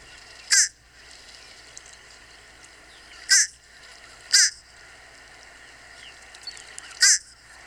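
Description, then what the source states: Fish crow giving four brief, nasal caws, irregularly spaced. Call more nasal than the American crow's caw; the easiest way to tell the two crow species apart.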